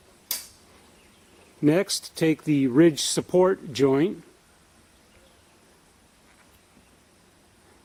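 A 26 inch metal riser pole is pushed into the plastic riser T joint of a canopy frame and seats with a sharp click at 0.3 s. Someone then talks from about 1.7 to 4.1 s before the clip goes quiet.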